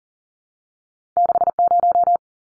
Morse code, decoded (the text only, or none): 60